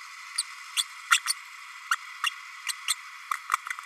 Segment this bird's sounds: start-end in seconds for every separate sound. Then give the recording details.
0.76-0.83, 1.10-1.20, 1.26-1.35, 1.91-1.96, 2.23-2.29, 2.68-2.73, 2.88-2.95, 3.53-3.56. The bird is a male. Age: 30 days. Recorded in a nest box in Venezuela. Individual 17B32A6